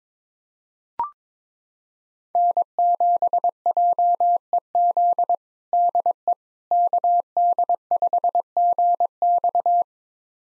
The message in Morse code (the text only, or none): N7JEZ DE KD5GX